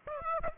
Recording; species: mosquito wingbeat signal from an infrared sensor; Aedes aegypti